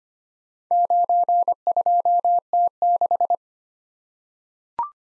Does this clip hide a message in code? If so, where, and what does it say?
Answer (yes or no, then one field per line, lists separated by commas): yes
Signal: Morse code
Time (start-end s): 0.7-3.4 s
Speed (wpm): 25 wpm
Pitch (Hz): 700 Hz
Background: none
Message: 92T6